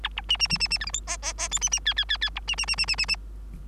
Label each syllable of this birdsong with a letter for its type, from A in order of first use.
A B C C C C C D E F G G G H C C I I I I B C C C C C C C